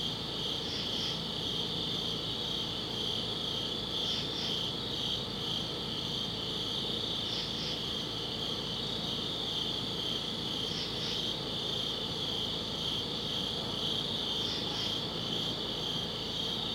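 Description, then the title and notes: Crickets keep up a dense high trill while louder double chirps recur every few seconds, over a faint low rumble. Crickets outdoors at a summit at dusk. "Ext. Summit Crickets, Dusk by Bandeto"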